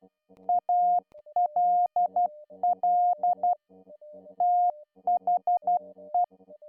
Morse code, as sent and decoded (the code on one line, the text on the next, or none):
.- .-.. .-.. / - .... .
ALL THE